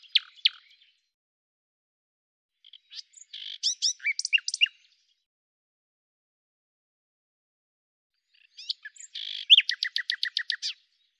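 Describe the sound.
Common nightingale song: short bursts of varied chirps and rapid buzzy trills, separated by long silences, ending in a fast repeated series of sharp notes.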